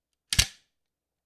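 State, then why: Seated. An extending slide rail is pulled out until its slide lock detent engages, one of three positions it can lock in. A sharp click at 0.3 s is followed by a louder broadband snap at 0.4 s that fades by about 0.6 s, then a faint high tick near 1.3 s. The slide is confirmed locked in position.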